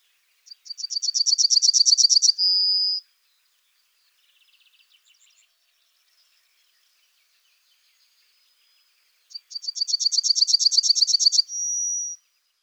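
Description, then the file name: Yellowhammer singing two full songs, each a fast series of high repeated notes closing with a long held note, with a brief soft twitter between them. "trznadel"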